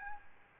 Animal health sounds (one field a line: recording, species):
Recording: mosquito wingbeat signal from an infrared sensor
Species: Aedes albopictus